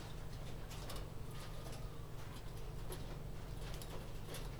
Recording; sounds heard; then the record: poultry house recording; healthy chickens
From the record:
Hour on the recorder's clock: 23